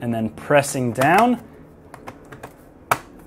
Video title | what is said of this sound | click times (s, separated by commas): HP Envy X360 Ram Upgrade, SSD, Battery Replacement, Bottom Case Removal FULL GUIDE 15-ds1063cl | you'll hear some clicks | 2.9 s